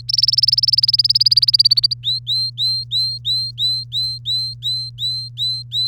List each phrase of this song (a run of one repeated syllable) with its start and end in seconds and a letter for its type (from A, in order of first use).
0.09-1.94 A, 2.04-5.88 B